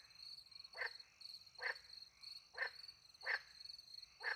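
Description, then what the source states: Frog calls, five short croaks spaced about a second apart, over constant high-pitched cricket trilling. Frogs with crickets at night in the countryside by a little pond, France; microphones hidden in a tree near the pond; two Usi pro microphones into a Mixpre 10 II recorder.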